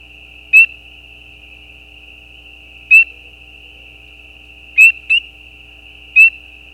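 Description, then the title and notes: Spring peeper peeps, brief rising whistles spaced one to two seconds apart, with one quick pair among them, above a constant high chorus hum. Mating calls of peeper frogs, individual calls with gaps, recorded at night at the side of a gravel road. "Peepers peeping. Peeper frogs mating calls - the calls are more individual with gaps in the recording. Recorded at the side of a gravel road at night. Recorded by Anton Pickard. Part of the Music for Sleep project"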